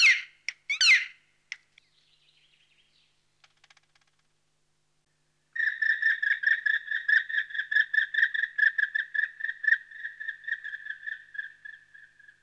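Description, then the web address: Black woodpecker calls: a few sharp harsh notes and faint ticks, then after a silence a long, rapid, even run of ringing notes that slowly fades. "Palokärki. nauhalaisen aanimaailmat"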